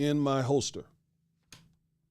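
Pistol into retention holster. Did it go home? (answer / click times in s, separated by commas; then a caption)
yes / 1.5 s. A pistol is pushed into a holster with a retention system after someone talks, and a single sharp click is heard at 1.5 seconds as it locks into the holster retention. The pistol is seated.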